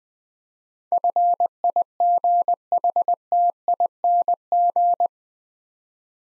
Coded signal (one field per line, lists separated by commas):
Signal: Morse code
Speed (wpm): 20 wpm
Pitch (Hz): 700 Hz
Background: none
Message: FIGHTING